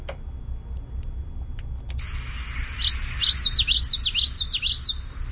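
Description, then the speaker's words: Common Yellowthroat song, a rolling run of quick high looping phrases repeated several times, over a steady low hum and faint background noise. Widespread warbler that hides in deep grasses and reeds; song is loud and distinctive, rendered as witchety, witchety, witchety, the same note over and over. "Although they like to hide in deep grasses and reeds, their song is loud and distinctive and sounds like witchety, witchety, witchety, as heard here."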